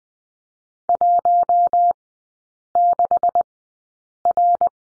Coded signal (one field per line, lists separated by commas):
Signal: Morse code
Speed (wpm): 20 wpm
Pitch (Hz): 700 Hz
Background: none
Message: 16R